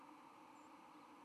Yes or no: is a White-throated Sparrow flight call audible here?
no